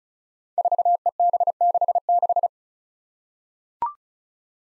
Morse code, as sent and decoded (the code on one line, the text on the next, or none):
....- . -... -.... -....
4EB66